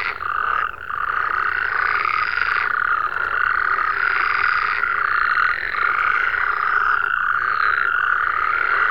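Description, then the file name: Many frogs croaking at once, a droning trill with bursts of harsher, buzzy calls swelling in and out. "Digiffects Sound Effects Library - Frogs"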